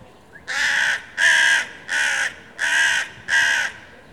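Crow calling a series of five harsh, evenly spaced caws, each roughly half a second, repeated at a steady pace.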